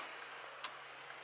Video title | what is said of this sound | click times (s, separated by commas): 1957 GMC A.K.A. Daphne Gets 2 Auto-Meter Gauges & The OEM Speedo Works! Night Drive. | There you go, I think I heard a click there. | 0.6 s